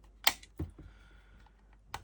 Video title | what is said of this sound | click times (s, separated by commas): Fanhome - Robocop: Building an Icon - Stage 28 | Clicks, almost clicks into place. | 1.9 s